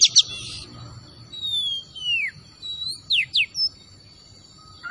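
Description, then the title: Oriental magpie-robin whistles: two quick sharp chips at the start, then a few sparse clear notes sliding downward with quiet gaps between, a steady high tone in the background. Called kacer Tretes; singing vigorously (gacor). "Kacer Tretes Gacor"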